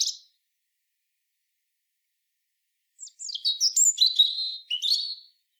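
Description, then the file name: European robin gives a brief high note, then after silence a fluid, tumbling phrase of sharp whistles and warbles. "Erithacus rubecula"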